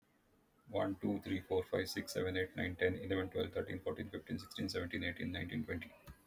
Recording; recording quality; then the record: counting at a fast pace; excellent, no background noise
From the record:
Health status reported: healthy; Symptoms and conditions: none ticked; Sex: male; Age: 48 years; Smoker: not ticked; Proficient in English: yes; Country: India